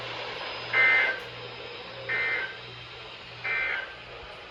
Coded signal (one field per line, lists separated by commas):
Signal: Emergency Alert System (SAME) tones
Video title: Multiple Day Chaos - Alerts from 5/13/25 - 5/16/25 (EAS #1513 - 1541)